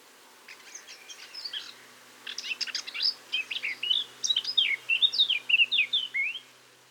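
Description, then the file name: Eurasian blackcap song: a quiet scratchy chatter, then a louder run of clear, fluty whistled phrases rising and falling quickly toward the end. "Sylvia atricapilla"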